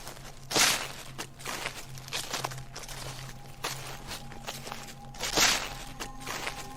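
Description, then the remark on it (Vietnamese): Footsteps of more than one person crunch and rustle over dry leaves, a few scattered steps with two louder, crackly crunches standing out, over a steady low hum. “chính xác là tiếng bước chân dẫm lên lá khô soàn soạt.”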